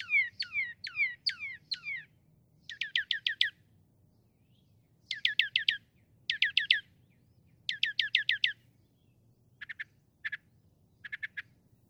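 Northern mockingbird singing varied phrases: sweeping down-slurred notes, then clusters of fast chattering notes repeated in bursts, ending with short clipped chips.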